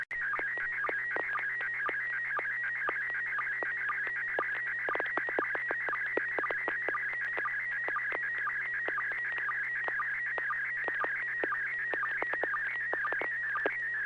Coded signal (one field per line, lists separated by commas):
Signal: SSTV (slow-scan television)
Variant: PD 120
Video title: N6NA SSTV Net - 12/01/2021